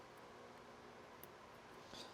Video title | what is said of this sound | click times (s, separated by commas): Emergency Electrical Adapter! #hikertrailer | there there it clicked in all right | 1.2 s